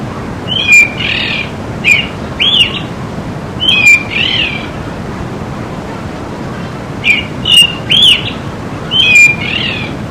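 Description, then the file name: Thrush calls: short whistled notes with buzzy rough elements, given in pairs or threes, with pauses between groups. "zorzal"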